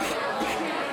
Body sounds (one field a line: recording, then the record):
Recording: coughing mixed with background sound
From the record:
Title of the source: 61 morning phlegmy cough...again